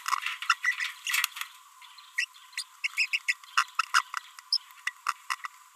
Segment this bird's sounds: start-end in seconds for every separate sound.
0.50-0.53, 0.64-0.74, 0.78-0.87, 2.18-2.25, 2.58-2.62, 3.28-3.33, 3.94-4.02, 4.53-4.57